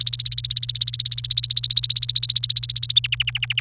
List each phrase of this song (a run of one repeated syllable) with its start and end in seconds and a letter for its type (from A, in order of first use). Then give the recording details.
0.00-3.00 A, 3.04-3.60 B. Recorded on 28 April 2018 at 15:26. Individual llb3